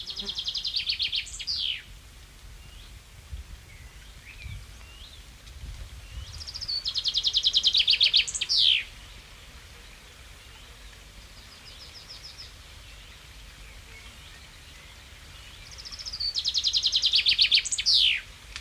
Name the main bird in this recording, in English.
Common Chaffinch